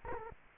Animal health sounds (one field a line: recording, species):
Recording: mosquito wingbeat signal from an infrared sensor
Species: Culex quinquefasciatus